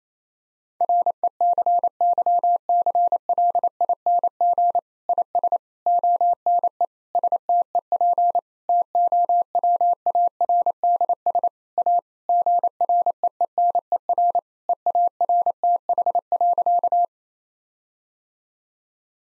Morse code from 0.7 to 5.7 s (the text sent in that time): RECYCLING IS